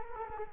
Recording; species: mosquito wingbeat signal from an infrared sensor; Culex quinquefasciatus